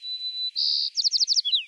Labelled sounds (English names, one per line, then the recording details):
White-crowned Sparrow song
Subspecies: nuttalli
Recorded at Bonny Doon, California, in 2014
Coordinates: 36.995, -122.180
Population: admixed
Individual BODU_male966_14